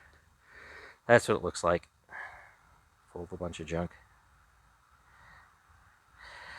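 Someone works on a screw going into the plastic housing of a Bissell ProHeat Essential carpet cleaner during teardown or reassembly. Someone talks in bursts around 1.1–1.9 s and 3.2–3.9 s, with soft, breathy noise in between and rising at the end. The screw has not seated and no click is heard; it is not seating well and may be stripped.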